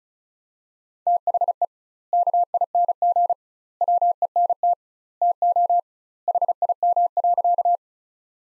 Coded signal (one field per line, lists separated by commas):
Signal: Morse code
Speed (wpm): 34 wpm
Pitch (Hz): 700 Hz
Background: none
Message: THE KING WENT TO HIM.